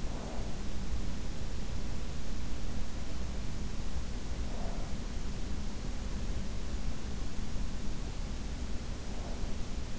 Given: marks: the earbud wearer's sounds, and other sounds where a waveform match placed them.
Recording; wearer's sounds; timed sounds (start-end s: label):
sounds in sleep by an in-ear microphone; breath
0.00-0.50 s: breath
4.36-5.14 s: breath
9.13-9.76 s: breath